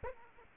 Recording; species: mosquito wingbeat signal from an infrared sensor; Aedes aegypti